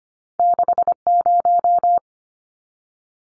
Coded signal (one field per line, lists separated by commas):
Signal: Morse code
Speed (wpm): 25 wpm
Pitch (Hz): 700 Hz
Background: none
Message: 60